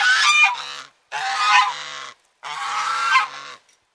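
Domestic goose giving three loud, harsh honks, each about a second long and separated by brief gaps, with no other sounds.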